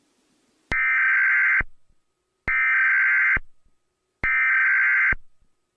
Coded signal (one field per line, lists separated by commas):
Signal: Emergency Alert System (SAME) tones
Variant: header bursts